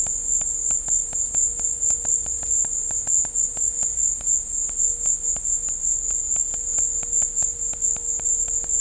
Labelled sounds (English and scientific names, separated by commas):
none